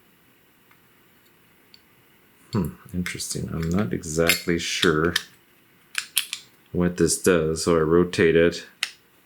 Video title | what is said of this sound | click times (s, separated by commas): Antique Rim Night Latch (No Snib) – How This Lock Works | Locks in place. | 8.8 s